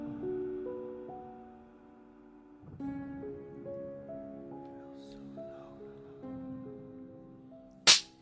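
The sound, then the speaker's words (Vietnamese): Gentle, sustained melodic music plays for several seconds before a single loud, sharp slap to the face cracks out near the end, a man hitting his pregnant wife in a small house by the sea, followed by brief quiet. “Một cái tát thật mạnh của Long với người vợ đang mang bầu của mình trong một căn nhà nhỏ ở vùng ven biển.”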